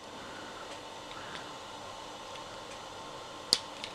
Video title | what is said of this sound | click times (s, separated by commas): Transformers Studio Series 86 Constructicon Hook & Long Haul Review | and they will click into place here. | 3.5 s